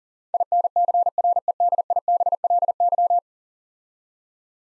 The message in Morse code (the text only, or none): INCREDIBLY